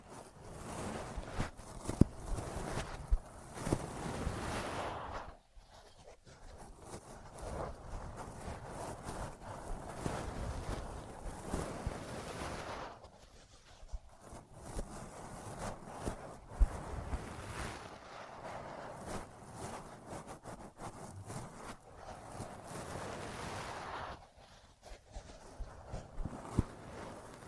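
Ear massage and cleaning sounds: dense, rubbing rustles with soft low rumble and occasional clicks, broken by brief quiet gaps near 6, 14 and 24 seconds.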